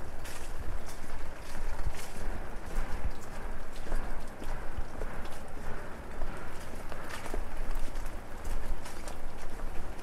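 Rain patters steadily on an umbrella while walking through a busy downtown street at night. A dense, even hiss of drops fills the whole ten seconds, broken by frequent bright taps and clicks, with a low rumble of city traffic underneath.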